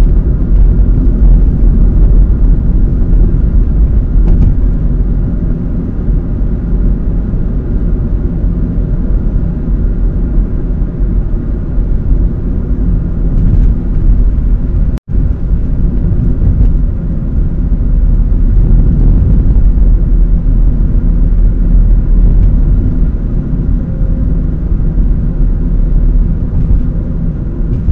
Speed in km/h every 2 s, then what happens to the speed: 62, 61, 61, 63, 63, 61, 60, 58, 56, 55, 56, 56, 54, 53.
0-28 slows to 53.